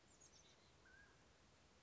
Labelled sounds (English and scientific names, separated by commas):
Mountain Quail (Oreortyx pictus)